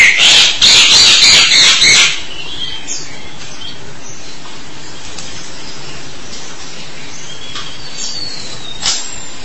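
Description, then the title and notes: Starling bursting into two seconds of fast buzzy notes, then near quiet with a few faint whistles. "suara burung jalak"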